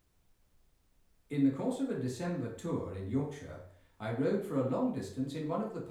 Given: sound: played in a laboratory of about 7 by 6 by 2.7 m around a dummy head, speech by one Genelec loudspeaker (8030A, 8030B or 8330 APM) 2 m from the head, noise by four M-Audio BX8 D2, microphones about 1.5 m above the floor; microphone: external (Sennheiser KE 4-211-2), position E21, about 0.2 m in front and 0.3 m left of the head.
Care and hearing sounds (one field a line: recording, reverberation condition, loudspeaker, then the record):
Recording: male speech in English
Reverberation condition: medium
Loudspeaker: 150 degrees to the right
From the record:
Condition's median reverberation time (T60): about 510 ms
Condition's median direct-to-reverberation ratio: about -0.5 dB